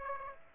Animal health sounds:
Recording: mosquito wingbeat signal from an infrared sensor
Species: Aedes aegypti

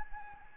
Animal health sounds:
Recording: mosquito wingbeat signal from an infrared sensor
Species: Anopheles gambiae

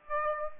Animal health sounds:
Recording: mosquito wingbeat signal from an infrared sensor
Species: Aedes aegypti

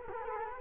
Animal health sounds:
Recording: mosquito wingbeat signal from an infrared sensor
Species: Culex quinquefasciatus

